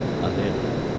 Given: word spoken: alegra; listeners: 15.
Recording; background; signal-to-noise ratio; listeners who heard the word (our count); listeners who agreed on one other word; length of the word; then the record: one Spanish word in noise, from a listening test; speech-shaped noise; -4.7 dB; 0 of 15; 6 of 15; 0.58 s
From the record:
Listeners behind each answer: 6, 2, 1, 1, 1, 1, 1, 1, 1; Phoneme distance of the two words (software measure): 24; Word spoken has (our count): 3 syllables, 6 phonemes, stress on syllable 2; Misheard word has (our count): 2 syllables, 4 phonemes, stress on syllable 2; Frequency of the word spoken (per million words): 3.84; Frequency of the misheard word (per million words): 629.68